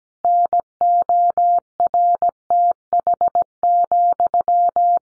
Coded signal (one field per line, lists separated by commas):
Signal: Morse code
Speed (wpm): 17 wpm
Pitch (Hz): 700 Hz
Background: none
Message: NORTH,